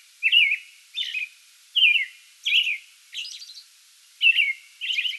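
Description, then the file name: American robin song of seven short caroling phrases, each a warbled slurred whistle, separated by short pauses, with a few higher squeaky notes. Song bout recorded 8 May 2022. "2022-05-08 American Robin song bout"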